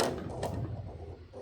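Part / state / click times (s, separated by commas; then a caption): drawer latch on a ute tray tool box / seated / 0.0 s. A slide-out drawer on the tool box of a Triple M HD tray fitted to a Ford Next Gen Ranger Raptor ute is pushed closed, and its latch locks it into place with a sharp click at 0.0 s. A softer knock follows at 0.4 s before the sound fades into a low rumble. The drawer is latched shut.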